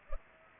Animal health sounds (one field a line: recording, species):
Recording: mosquito wingbeat signal from an infrared sensor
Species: Culex pipiens